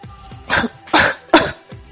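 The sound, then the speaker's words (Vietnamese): A man washing bones in bitter cold coughs hard three times in quick succession, harsh dry bursts that rise sharply and break off, followed by a softer fourth rasp. “Người đàn ông phụ trách rửa sạch xương cốt bên cạnh ho khan kịch liệt, bị nô đầu đá một cú vào lưng, liền phun ra một búng máu.”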